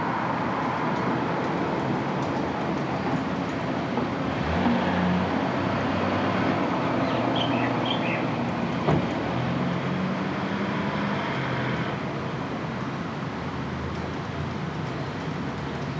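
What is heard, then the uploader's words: A front room with yard sounds outside: a steady vehicle rumble persists throughout, with a few faint chirps near seven seconds and a soft knock around nine. Her front room accompanied by the sounds of her front yard.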